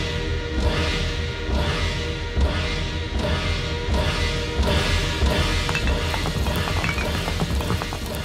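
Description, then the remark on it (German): Heavy blows from a hammer and crowbar strike a brick wall in a steady, repeated rhythm, breaking open a tampered section of it; each loud thud is followed by crumbling, gritty debris as the masonry gives way. No voices. “Ekelerregender Gestank erfüllte den Raum, als das Mauerwerk nachgab.”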